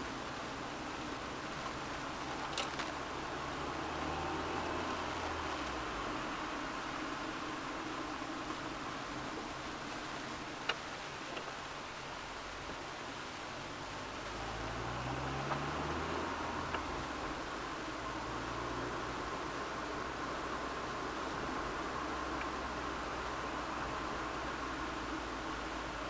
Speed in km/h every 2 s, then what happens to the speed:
26, 27, 32, 31, 25, 15, 17, 25, 32, 35, 36, 34, 32.
0-5 speeds up to 32. 5-11 slows to 15. 11-21 speeds up to 36.